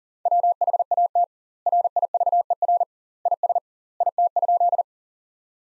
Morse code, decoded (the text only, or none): WHAT RIVER IS IT?